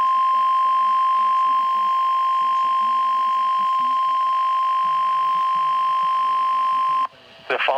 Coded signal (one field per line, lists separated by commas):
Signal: Emergency Alert System (SAME) tones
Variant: 1050 Hz attention tone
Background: speech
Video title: Weather Radio EAS #88 (Required Weekly Test)